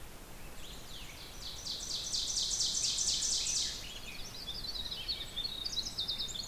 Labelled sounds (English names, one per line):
Ovenbird song